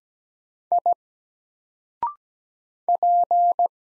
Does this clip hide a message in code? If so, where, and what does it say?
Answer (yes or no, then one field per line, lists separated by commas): yes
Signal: Morse code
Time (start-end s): 0.7-3.7 s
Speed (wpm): 17 wpm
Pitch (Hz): 700 Hz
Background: none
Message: I P